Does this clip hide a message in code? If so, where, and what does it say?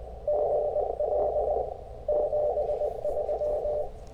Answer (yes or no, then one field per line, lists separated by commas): yes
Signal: Morse code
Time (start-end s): 0.3-3.8 s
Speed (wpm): 22 wpm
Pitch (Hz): 600 Hz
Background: radio noise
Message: GL 73